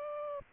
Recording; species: mosquito wingbeat signal from an infrared sensor; Aedes aegypti